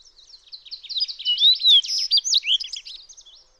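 Fox sparrow song, a rich jumble of quick slurred whistles and short buzzy notes, with a few clearer rising whistles in the middle, fading out at the end.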